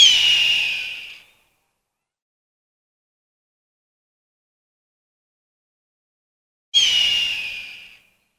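Hawk scream, a raspy drawn-out cry fading away, then long silence before a second similar harsh cry near the end.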